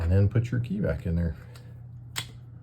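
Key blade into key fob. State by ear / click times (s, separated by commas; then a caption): not seated / none. Someone talks while handling a key fob after replacing its battery, getting ready to push the metal key blade back into the fob. After the talking stops, a brief sharp tick is heard at about 2.2 s over a quiet background. The clip ends before the blade goes home, so nothing has seated or clicked yet.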